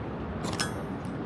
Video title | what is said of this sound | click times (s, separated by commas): Aug 30 '25 - NYC Live 4K: Saturday Morning Stroll | You heard that click? That was me popping it back on the mount. | 0.6 s